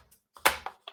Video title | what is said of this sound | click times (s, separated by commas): The Complete Beginners guide to the Oculus Quest 2 | You'll hear that little snap, then you're in. | 0.5 s